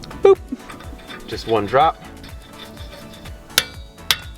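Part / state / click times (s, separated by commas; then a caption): torque wrench tightening a wheel stud into the wheel hub / torque reached / 3.6 s, 4.1 s. A click-type torque wrench tightens a threadlocked wheel stud into the wheel hub of a BMW F30 for a Motorsport Hardware wheel stud conversion kit. Someone talks over faint metallic clinks early on. The wrench gives two sharp clicks at 3.6 s and 4.1 s as it reaches its setting, and the stud is torqued and done.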